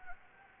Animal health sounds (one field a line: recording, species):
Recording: mosquito wingbeat signal from an infrared sensor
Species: Anopheles gambiae